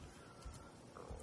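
Low, soft gurgling rumbles swell twice in about a second: an adult's stomach growling from gas and fluid moving.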